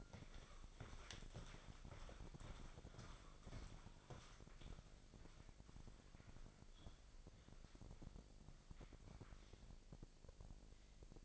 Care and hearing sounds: daily activity, microphone in the room; walk to room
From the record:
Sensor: 5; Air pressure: 999.5 hPa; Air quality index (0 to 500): 216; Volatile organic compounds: 19 ppm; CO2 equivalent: 2642 ppm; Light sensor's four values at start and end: 31/61/28/30 and 35/81/32/31

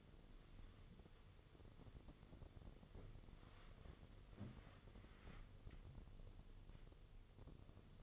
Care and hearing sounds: daily activity, microphone in the room; wipe stove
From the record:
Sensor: 4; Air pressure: 1015.9 hPa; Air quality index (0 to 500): 139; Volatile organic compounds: 4 ppm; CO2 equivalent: 1577 ppm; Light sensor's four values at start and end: 8/18/7/7 and 9/19/7/7

